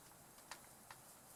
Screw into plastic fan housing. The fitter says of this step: There. And I heard it click.